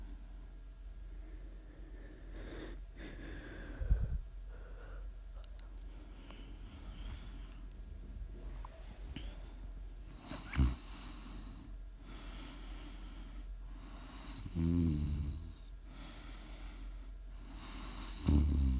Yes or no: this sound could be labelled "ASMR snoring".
yes